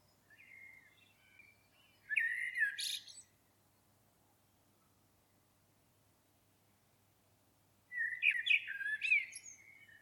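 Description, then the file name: Common blackbird gives two loud song phrases separated by a long silence, each a mellow warble topped by high, scratchy twittering notes. "Turdus merula"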